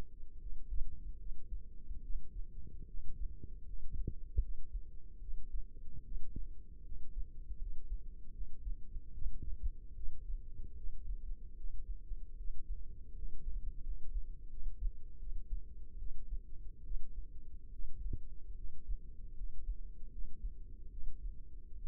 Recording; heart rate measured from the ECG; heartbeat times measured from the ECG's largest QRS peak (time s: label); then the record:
heart sounds by microphone in the left ear; 76 bpm
0.37 s: heartbeat
1.17 s: heartbeat
2.01 s: heartbeat
2.85 s: heartbeat
3.64 s: heartbeat
4.39 s: heartbeat
5.19 s: heartbeat
6.03 s: heartbeat
6.82 s: heartbeat
7.57 s: heartbeat
8.32 s: heartbeat
9.12 s: heartbeat
9.94 s: heartbeat
10.75 s: heartbeat
11.55 s: heartbeat
12.36 s: heartbeat
13.13 s: heartbeat
13.81 s: heartbeat
14.48 s: heartbeat
15.18 s: heartbeat
15.97 s: heartbeat
16.82 s: heartbeat
17.70 s: heartbeat
18.55 s: heartbeat
19.34 s: heartbeat
20.09 s: heartbeat
20.89 s: heartbeat
21.75 s: heartbeat
From the record:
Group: healthy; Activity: rest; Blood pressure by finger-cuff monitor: 107/59 mmHg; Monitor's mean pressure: 75 mmHg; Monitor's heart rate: 75 bpm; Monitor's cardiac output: 7.1 L/min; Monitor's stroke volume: 94 mL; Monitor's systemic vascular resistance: 760 dyn s/cm5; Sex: female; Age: 22 years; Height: 160 cm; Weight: 63 kg